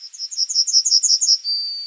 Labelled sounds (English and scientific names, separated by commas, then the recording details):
Yellowhammer (Emberiza citrinella) song
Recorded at under 5 m from the bird
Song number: 020